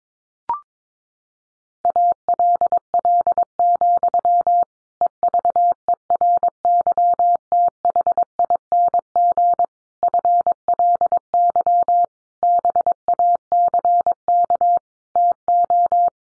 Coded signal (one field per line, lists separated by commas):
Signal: Morse code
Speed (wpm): 22 wpm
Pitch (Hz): 700 Hz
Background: none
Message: ALL, EVERYTHING FLY BACK TO